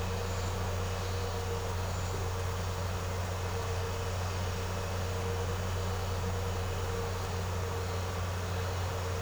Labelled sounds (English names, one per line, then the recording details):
none
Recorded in secondary vegetation near Puerto Asís, Putumayo, Colombia, on 4 March 2025 at 13:00
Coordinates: 0.468, -76.324
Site G059